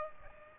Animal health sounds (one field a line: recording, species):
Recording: mosquito wingbeat signal from an infrared sensor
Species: Aedes aegypti